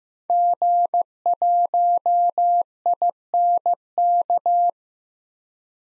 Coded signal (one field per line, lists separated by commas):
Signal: Morse code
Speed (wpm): 15 wpm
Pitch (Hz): 700 Hz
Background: none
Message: G1INK